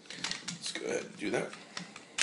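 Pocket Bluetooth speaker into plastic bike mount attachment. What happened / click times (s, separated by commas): The speaker is handled against the mount but not yet seated / none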